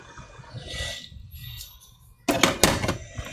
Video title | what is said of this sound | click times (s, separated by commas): Switch Lite I think it was ran over (No Fix) | All right, I think it popped into place. | 2.3 s, 2.4 s, 2.6 s